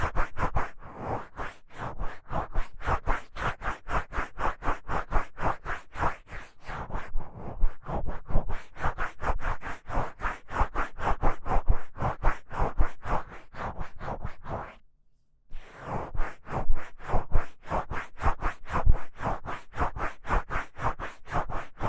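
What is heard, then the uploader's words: An ear massage made of rapid, steady rubbing and scratching strokes, several per second, each a bright, coarse scrape. The rhythm holds nearly constant, with a brief slowing around seven seconds and a short full pause near fifteen seconds before the rubbing resumes. ASMR×KU100 | 搓耳朵!!我搓搓搓. Ear Massage | NO Talking.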